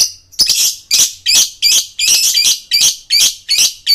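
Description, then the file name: Lovebird producing a rapid run of harsh, buzzy high squawks, about three each second, sounding excited and continuous. Male lovebird; Indonesian 'gacor' meaning it sings continuously and energetically. "suara lovebird jantan gacor"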